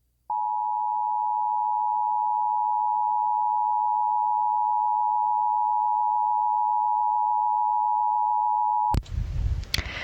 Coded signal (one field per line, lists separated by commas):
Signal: Emergency Alert System (SAME) tones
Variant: 853 and 960 Hz attention tone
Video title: A Short Testing Thursday (EAS #23274-23283) 11/7/24